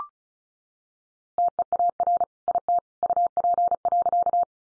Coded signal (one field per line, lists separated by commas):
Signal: Morse code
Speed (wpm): 34 wpm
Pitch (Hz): 700 Hz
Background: none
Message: TEAR IT UP.